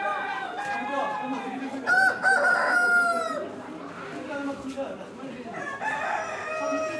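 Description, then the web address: Chicken crowing: a rooster's long harmonic crow around two seconds in, amid clucking and busy background sounds. Chicken hens and other birds recorded outdoors in Morocco, with voices and activity. "Morocco sound library by Faunethic - chicken hen and bird outdoor, voices and activity"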